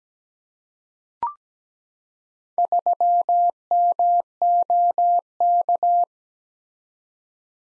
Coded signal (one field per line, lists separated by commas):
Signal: Morse code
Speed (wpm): 17 wpm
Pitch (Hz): 700 Hz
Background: none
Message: 3MOK